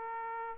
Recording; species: mosquito wingbeat signal from an infrared sensor; Aedes aegypti